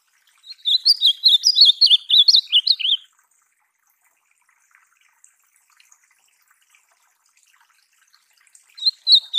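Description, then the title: Ultramarine grosbeak giving a fast, musical warbled phrase of about two and a half seconds, followed by quiet and the start of another phrase. Song for teaching a pet seedeater (golinha) to sing. "Encarte Seu Golinha Com Este Lindo Canto De Azulão"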